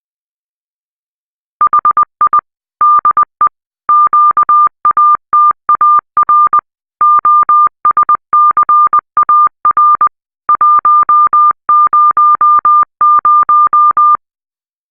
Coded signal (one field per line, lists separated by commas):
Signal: Morse code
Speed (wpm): 20 wpm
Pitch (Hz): 1200 Hz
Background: none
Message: HI DE QATAR OSCAR 100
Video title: Es'hail 2 / QO-100 DVB-S2 beacon stream from radioamateur transponder